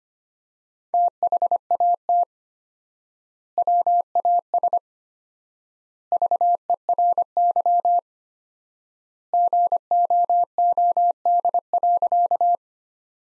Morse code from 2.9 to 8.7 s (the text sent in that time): WAS VERY